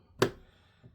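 The plastic bottom cover of a Dell Inspiron 7706 2-in-1 laptop is pressed along its edge so its remaining clips go into the chassis. One sharp snap is heard at 0.2 s, followed by a fading tail and a faint soft sound near 0.9 s. The cover clip is seated in the chassis.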